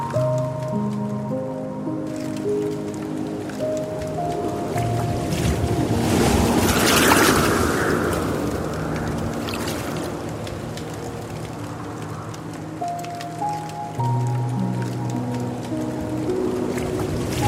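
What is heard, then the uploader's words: Soft, sustained piano notes drift in slow, layered chords over a steady wash of water, which swells brighter and louder around seven seconds. Dreamy piano and gentle water sounds. Soothing waterfall.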